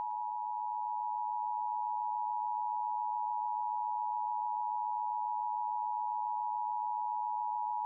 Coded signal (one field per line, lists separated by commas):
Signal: Emergency Alert System (SAME) tones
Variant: 853 and 960 Hz attention tone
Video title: U.S National Periodic EAS Test Oct 2023